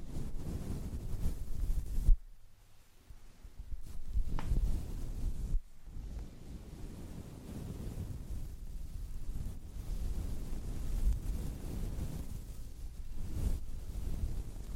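A powder brush rubs against a wind muff, making a soft, low, rumbling scrape that swells and fades in uneven strokes. The rustling stops abruptly near two seconds, resumes, and breaks off briefly again around five and a half seconds.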